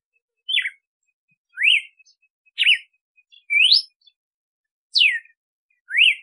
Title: Canto Galo Campina Fêmea. Fêmea de Galo de Campina Cantando para Foguear o Macho